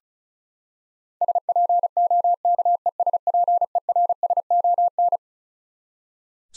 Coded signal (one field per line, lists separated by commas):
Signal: Morse code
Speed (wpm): 36 wpm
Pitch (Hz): 700 Hz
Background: none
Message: SPOKESPERSON